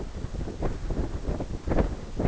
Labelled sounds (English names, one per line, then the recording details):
none
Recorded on Arctic tundra, site NAIT-1, on 20 June 2018
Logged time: 23:00